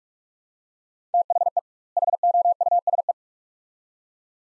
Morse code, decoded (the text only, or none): THE HOUSE